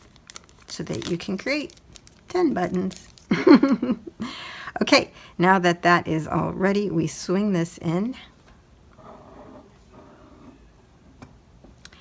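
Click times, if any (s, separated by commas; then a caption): 11.9 s. Someone talks while the loaded die plate carrier of a craft button press is swung into position under the handle. After the talking stops, a few soft handling sounds follow, and the carrier clicks and locks into place at 11.9 s.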